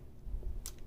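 A row of resin diamond drills, laid from a multi-placer ruler onto an adhesive diamond painting canvas, is pressed down by hand to make sure they all seat. After a soft low thump around 0.4 s, a sharp bright snap at 0.7 s confirms the drills have seated, and a fainter tick follows just after.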